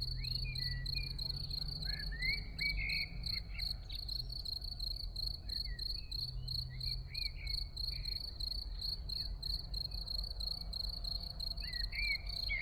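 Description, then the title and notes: Field cricket song: a steady, high, rapidly pulsed chirring without pause, while a blackbird sings fluting phrases and a low car rumble comes and goes. Early summer scene in a small village, Ettenkirch near Lake Constance, recorded over 14 years ago with Edirol R1 and OKM I microphones; blackbirds, some cars in background. "Ettenkirch near lake Constance - Early summer scene in a small village. Frühsommerszene in einem kleinen Dorf in der Nähe des Bodensees: Feldgrille, Amseln, Kirchenglocken, Stimmen und einige Autos im Hintergrund"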